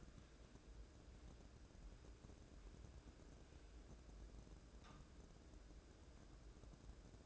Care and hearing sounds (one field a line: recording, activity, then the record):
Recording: daily activity, microphone in the room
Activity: wipe stove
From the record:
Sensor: 2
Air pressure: 1012.2 hPa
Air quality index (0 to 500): 158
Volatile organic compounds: 2 ppm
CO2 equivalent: 1156 ppm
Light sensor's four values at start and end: 408/1091/405/439 and 410/1095/407/440